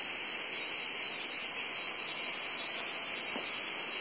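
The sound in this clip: Cicadas giving a steady high whining buzz over a broad background hiss, the sound unchanging from start to finish.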